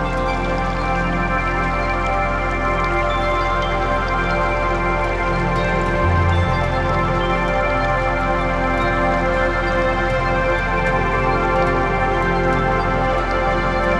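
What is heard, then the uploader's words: Meditation music holds steady, layered sustained tones with a low drone, a soft rain-like patter beneath, and a brief deeper swell around six seconds. Chakra Meditation Music and Relaxing Nature Sounds.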